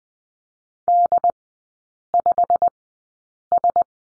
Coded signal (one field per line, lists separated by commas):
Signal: Morse code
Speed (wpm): 20 wpm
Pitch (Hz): 700 Hz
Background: none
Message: D5S